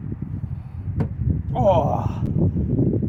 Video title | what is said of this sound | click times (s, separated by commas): LED Headlight Bulbs AND Off Road Pod Lights Installed On The Lifted Grand Marquis! | oh that was a satisfying click | 1.0 s